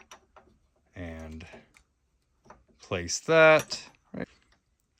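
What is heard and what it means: A metal shell plate is being handled and placed onto the shell plate holder of a Dillon XL750 reloading press during a 9mm conversion setup. Someone talks over a few light ticks and taps. The clip ends before the plate goes home, so nothing has seated or clicked yet.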